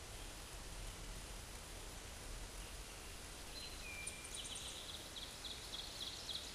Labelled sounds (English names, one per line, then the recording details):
Eastern Towhee song
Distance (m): 50 m
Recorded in a Pennsylvania forest on 17 May 2023 at 13:14
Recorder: AudioMoth, point grid1_13_low
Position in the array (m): 119 m, 84 m